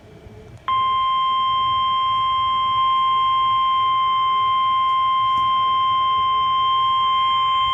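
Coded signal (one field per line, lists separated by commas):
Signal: Emergency Alert System (SAME) tones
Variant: 1050 Hz attention tone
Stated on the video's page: Valid EAS tones, several alerts.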